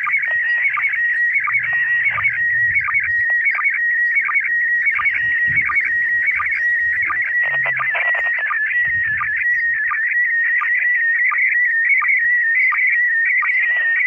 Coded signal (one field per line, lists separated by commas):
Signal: SSTV (slow-scan television)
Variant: PD 90